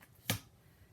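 A small paper mini album backed with magnets is pressed onto the outside of a page protector in a scrapbook album, meeting the outside magnet. It attaches with one sharp, bright magnetic snap at 0.3 s that is still heard through the page, then quickly fades. The mini album is seated on the page.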